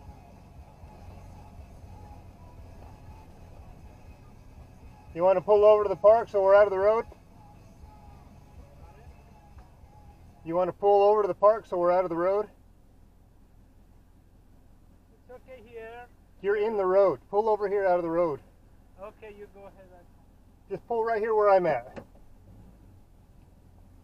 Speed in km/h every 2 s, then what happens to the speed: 2, 3, 0, 0, 0, 0, 0, 0, 0, 0, 0, 2.
3-22 standing.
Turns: none.